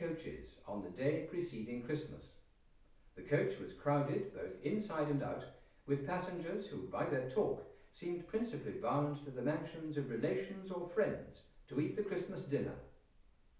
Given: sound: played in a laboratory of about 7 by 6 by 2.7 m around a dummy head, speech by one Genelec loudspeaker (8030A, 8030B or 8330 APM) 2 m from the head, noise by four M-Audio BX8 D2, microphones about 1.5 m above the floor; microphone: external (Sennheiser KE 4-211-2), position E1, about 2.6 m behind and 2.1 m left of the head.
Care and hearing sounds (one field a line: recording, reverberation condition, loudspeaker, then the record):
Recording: male speech in English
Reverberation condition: medium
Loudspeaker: in front (0 degrees)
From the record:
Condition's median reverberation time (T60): about 510 ms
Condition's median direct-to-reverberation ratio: about -0.5 dB